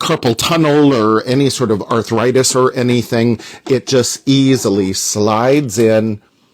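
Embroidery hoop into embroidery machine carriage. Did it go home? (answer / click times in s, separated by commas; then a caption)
no / none. An embroidery hoop with an easy clamp system is slid onto the embroidery carriage of a Janome Continental M17 sewing machine while someone talks over it. The clip ends before the hoop goes home, so nothing has clicked or seated yet.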